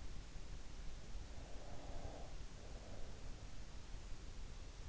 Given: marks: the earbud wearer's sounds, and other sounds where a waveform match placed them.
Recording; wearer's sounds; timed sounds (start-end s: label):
sounds in sleep by an in-ear microphone; breath
1.37-4.14 s: breath